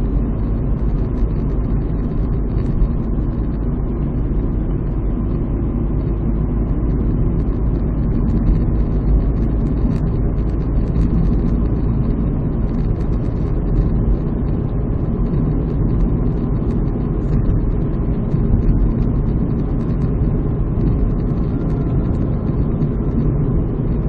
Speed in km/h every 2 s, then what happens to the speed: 58, 58, 57, 58, 59, 60, 60, 63, 63, 62, 62, 62.
0-24 steady at about 60.